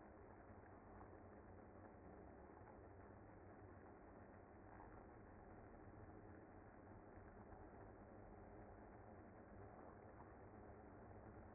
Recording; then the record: honeybee colony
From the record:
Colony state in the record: active